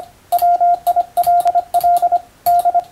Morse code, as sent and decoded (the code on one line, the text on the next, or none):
.-- .. .-.. .-.. / -..
WILL D